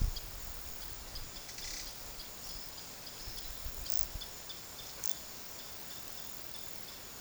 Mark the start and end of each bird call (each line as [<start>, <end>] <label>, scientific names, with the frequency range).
[0.00, 7.20] Myiozetetes granadensis (2.4-5.8 kHz)